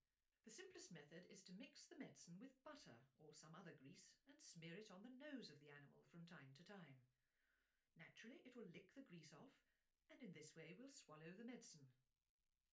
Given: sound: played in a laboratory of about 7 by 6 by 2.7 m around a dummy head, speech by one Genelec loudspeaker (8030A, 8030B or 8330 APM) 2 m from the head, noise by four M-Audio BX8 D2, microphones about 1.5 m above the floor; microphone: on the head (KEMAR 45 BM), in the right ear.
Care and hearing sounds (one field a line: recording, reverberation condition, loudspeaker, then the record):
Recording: female speech in English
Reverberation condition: low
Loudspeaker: behind (180 degrees)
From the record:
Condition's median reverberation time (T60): about 310 ms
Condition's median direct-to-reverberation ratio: about 3.5 dB